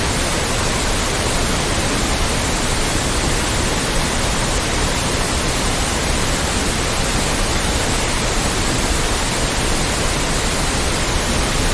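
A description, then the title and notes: A steady wash of white noise fills the whole clip, even and unbroken from start to finish. The hiss is dense and level, with a slightly fuller, softer low end than pure static, and no separate events or background sounds. The steady hum of white noise serves as a gentle backdrop.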